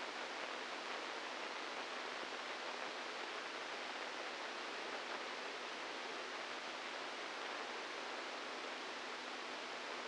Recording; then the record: brain microelectrode recording played as sound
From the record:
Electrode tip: outside the subthalamic nucleus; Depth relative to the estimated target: -3 mm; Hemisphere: right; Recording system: NeuroSet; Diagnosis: Parkinson's disease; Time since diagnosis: 8 years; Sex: male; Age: 46 years